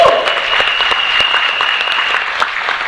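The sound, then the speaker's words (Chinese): An audience at a gathering claps steadily for a few seconds to welcome attendees who came from another area, a dense, even patter of many hands with a few sharper individual claps standing out, and no one speaking over it. “也掌声欢迎他们一下。”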